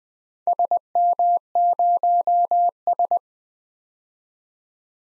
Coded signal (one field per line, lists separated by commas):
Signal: Morse code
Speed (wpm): 20 wpm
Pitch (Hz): 700 Hz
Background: none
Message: SM0S